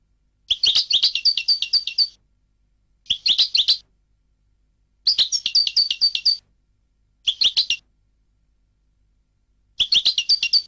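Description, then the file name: European goldfinch song in five bursts of rapid, tinkling twitters, each about half a second to two seconds long, separated by short silences. "audio burung goldfinch"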